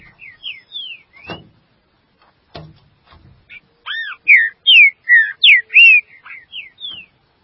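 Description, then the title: Green-winged saltator song: a soft run of whistled notes, then a louder, richer phrase of arched and falling whistles, with occasional clicks. "Trinca Ferro"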